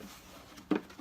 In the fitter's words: gonna make sure it clicks a little bit there it goes